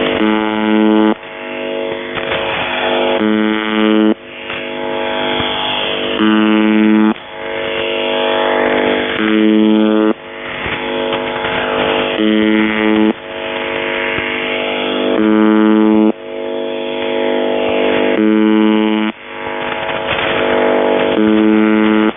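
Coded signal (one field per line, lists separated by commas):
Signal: channel marker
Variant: UVB-76 (The Buzzer)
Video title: Kerro malfunction and beeps and screaming and morse code in the background on the buzzer 4625khz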